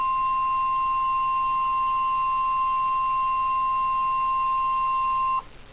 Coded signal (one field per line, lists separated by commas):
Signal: Emergency Alert System (SAME) tones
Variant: 1050 Hz attention tone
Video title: NOAA - Real EAS #128